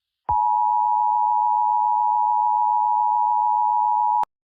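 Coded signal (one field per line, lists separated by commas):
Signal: Emergency Alert System (SAME) tones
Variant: 853 and 960 Hz attention tone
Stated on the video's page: Fictional EAS scenario.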